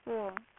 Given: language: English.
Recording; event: throat vibration sensor signal played as sound; speech